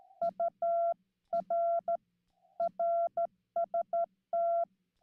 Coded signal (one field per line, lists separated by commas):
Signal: Morse code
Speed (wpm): 12 wpm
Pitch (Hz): 680 Hz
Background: none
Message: UR RST